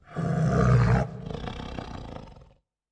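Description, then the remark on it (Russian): A big cat's deep, rough growl, from Athena, a predator arching her back, swells into a loud, roaring burst for about a second, then continues as a lower, rumbling snarl before cutting off. No one speaks. “Она выгнула спину и издала низкое рычание.”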